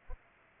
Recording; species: mosquito wingbeat signal from an infrared sensor; Culex pipiens